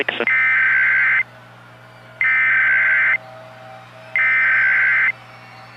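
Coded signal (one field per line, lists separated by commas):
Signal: Emergency Alert System (SAME) tones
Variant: header bursts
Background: speech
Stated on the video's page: Fictional EAS/analog horror scenario using valid EAS tones.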